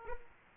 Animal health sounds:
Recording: mosquito wingbeat signal from an infrared sensor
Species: Aedes aegypti

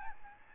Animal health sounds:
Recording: mosquito wingbeat signal from an infrared sensor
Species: Aedes albopictus

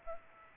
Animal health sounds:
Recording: mosquito wingbeat signal from an infrared sensor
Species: Aedes aegypti

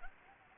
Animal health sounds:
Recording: mosquito wingbeat signal from an infrared sensor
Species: Anopheles gambiae

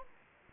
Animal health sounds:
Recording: mosquito wingbeat signal from an infrared sensor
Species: Anopheles arabiensis

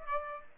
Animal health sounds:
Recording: mosquito wingbeat signal from an infrared sensor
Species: Aedes aegypti

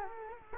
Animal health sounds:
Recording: mosquito wingbeat signal from an infrared sensor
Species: Culex quinquefasciatus

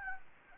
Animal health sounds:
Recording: mosquito wingbeat signal from an infrared sensor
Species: Anopheles gambiae

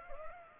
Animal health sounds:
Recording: mosquito wingbeat signal from an infrared sensor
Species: Culex pipiens

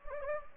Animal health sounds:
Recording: mosquito wingbeat signal from an infrared sensor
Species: Anopheles gambiae

